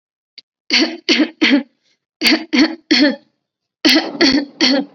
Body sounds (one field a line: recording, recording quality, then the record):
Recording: shallow voluntary cough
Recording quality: excellent, no background noise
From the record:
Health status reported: COVID-19 positive, no symptoms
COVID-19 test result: positive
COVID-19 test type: RT-PCR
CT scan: not taken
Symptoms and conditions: none ticked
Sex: female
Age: 18 years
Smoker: no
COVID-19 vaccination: both doses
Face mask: worn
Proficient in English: yes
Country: India